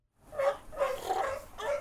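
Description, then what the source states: Sea lion barks: several hoarse, harmonic calls in quick succession, each swelling and fading. Sea lions suffering domoic acid poisoning, receiving treatment at the Marine Mammal Center in Sausalito, just north of San Francisco.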